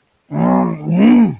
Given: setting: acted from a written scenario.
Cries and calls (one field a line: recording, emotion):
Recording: vocal sound without words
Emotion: anger